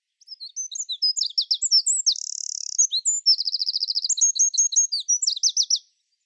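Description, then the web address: Bird song, a fast high warbling sequence of chirps, then a droning buzzy trill, then a quick repeated rattle and more twitters. "Bird Only"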